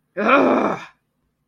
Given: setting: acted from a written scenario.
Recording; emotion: vocal sound without words; anger